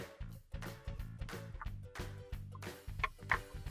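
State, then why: Seated. A metal snap ring on the mount of a GE GFC325V garbage disposal (AP5323617, PS3501296) is worked around the sink flange over steady background music. Two sharp metallic snaps at 3.0 s and 3.3 s mark the ring seating in its groove on the flange.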